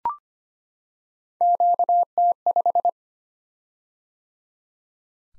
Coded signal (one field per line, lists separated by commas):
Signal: Morse code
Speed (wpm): 25 wpm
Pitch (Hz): 700 Hz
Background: none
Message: QT5